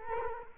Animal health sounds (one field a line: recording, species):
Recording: mosquito wingbeat signal from an infrared sensor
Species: Culex quinquefasciatus